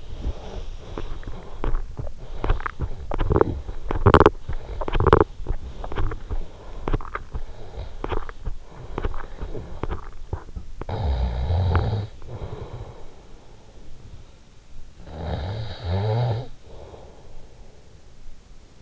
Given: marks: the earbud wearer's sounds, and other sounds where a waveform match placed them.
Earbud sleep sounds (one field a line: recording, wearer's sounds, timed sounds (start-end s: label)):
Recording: sounds in sleep by an in-ear microphone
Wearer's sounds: teeth grinding, snoring breath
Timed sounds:
0.00-10.89 s: teeth grinding
10.89-13.66 s: snoring breath
14.60-18.06 s: snoring breath